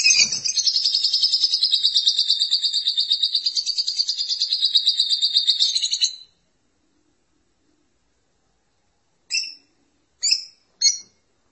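Lovebird song: a shrill, steady trilling chatter lasting about six seconds, then silence and three short sharp chirps.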